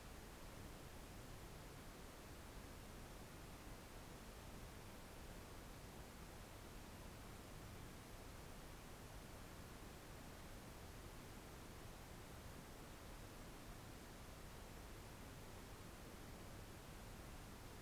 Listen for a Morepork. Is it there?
no